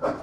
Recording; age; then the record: pig call; growing-finishing pig (85 days or more)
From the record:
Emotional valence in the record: positive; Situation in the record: run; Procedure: transit